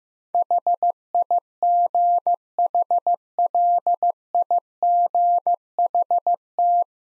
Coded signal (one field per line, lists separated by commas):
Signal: Morse code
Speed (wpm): 15 wpm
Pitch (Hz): 700 Hz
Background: none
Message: HIGHLIGHT